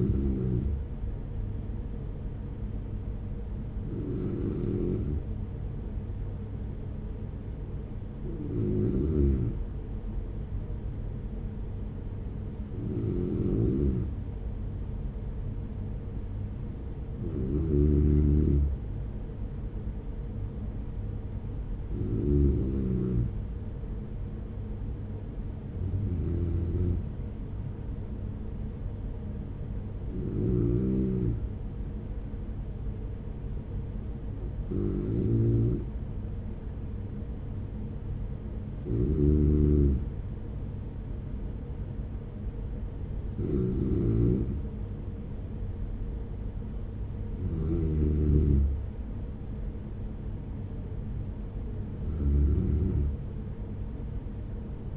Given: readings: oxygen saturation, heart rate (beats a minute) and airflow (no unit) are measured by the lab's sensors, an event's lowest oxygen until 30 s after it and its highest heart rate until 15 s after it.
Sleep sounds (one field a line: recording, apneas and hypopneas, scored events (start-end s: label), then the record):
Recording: breathing in sleep by a smartphone at the bedside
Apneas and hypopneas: none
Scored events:
none scored
From the record:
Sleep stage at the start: N2 (light sleep)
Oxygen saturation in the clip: 93 to 95%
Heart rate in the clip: 44 to 47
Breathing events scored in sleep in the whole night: 210 in 6.9 hours asleep